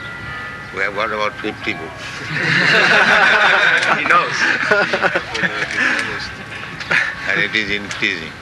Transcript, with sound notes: We have got about fifty books. [laughter]
He knows.
And it is increasing.